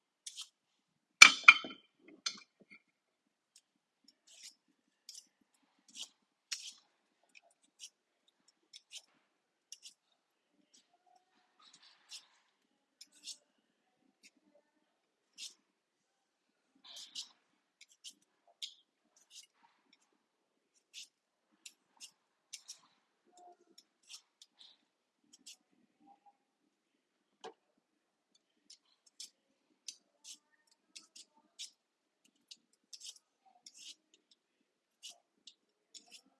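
Potatoes are peeled in a quiet indoor room, with short, crisp scraping strokes every second or so across the whole stretch. A louder knock comes near the start, and between strokes the room is nearly silent, with no low sounds underneath.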